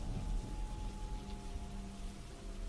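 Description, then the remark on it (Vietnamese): Heavy rain pours outside during a thunderstorm in a dense, steady hiss, with no breaks in the downpour and a low sustained tonal hum running faintly underneath. “Sấm sét ngoài trời cứ đinh tai nhức óc cùng với tiếng mưa mù mịt.”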